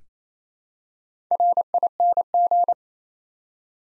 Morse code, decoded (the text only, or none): RING